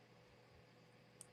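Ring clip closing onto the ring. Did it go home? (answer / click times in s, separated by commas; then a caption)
yes / 1.2 s. The clip mechanism of a ring set with purplish rhinestones is closed by hand, producing a single sharp, bright click at 1.2 s over a steady low background hum. The ring clip snaps shut and is seated in place.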